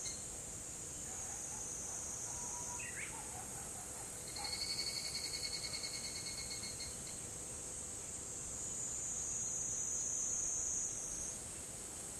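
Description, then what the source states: Higurashi cicada giving a short bout of high, pulsed ringing notes partway through, with a few faint bird chirps before it and a steady high hiss throughout. Call is named by the local word kanakana.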